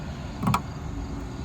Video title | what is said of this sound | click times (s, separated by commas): DIY! HOW TO CHANGE HEADLIGHT BULBS ON A 2011-2017 HONDA ODYSSEY! | should be a nice satisfying snap sound once it clicks in | 0.5 s